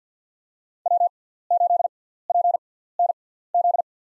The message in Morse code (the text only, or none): W8PNZ